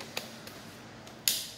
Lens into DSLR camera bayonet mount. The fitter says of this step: and that's when you hear that click voice, it means that it has adjusted correctly.